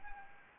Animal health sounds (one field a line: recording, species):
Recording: mosquito wingbeat signal from an infrared sensor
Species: Anopheles gambiae